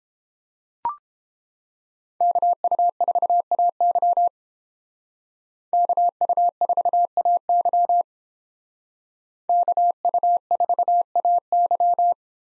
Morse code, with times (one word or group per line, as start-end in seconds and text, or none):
2.2-4.3 KU4AY
5.7-8.0 KU4AY
9.5-12.1 KU4AY